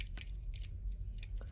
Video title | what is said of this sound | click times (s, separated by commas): Let's Build Super B-Daman Junker Unicorn! | oh it just popped into place right after the fact so | 1.2 s